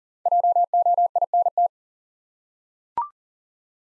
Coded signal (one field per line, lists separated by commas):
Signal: Morse code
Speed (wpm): 39 wpm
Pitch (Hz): 700 Hz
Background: none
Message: JOINT